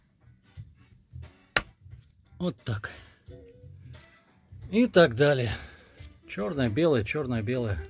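A black plastic piano key is pushed onto the key frame of a Komplete Kontrol S88 mk2 keyboard during repair and snaps into place with a sharp click at 1.6 s. Someone talks afterward. The key is seated.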